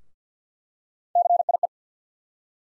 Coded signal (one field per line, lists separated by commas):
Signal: Morse code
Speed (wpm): 49 wpm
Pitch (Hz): 700 Hz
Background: none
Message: CIE